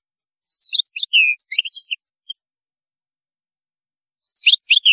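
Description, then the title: European goldfinch song, a quick series of chirping and slurred notes, then silence and a short final burst. "Chant Chardonneret"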